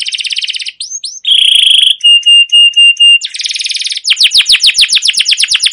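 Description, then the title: Canary song: buzzy trill, short rising whistles, a steady high whistled note repeated, another dense trill, then a run of rapid downward-sweeping chirps. Long continuous rolling trilled singing with cuit-cuit notes, used as a master training and lure recording to stimulate canaries to sing. "CUIT CUIT NGEROL LANGSUNG GACOR PANJANG Kenari Ini AMPUH Utk Pancingan KENAR. Masteran Suara Burung Kenari Gacor Panjang cuit cuit Ngerol untuk Pancingan Kenari"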